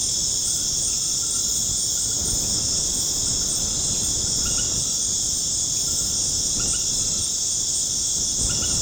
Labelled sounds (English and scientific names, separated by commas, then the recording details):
none
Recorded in dense forest near Puerto Asís, Putumayo, Colombia, on 25 June 2025 at 19:00
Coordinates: 0.486, -76.317
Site G065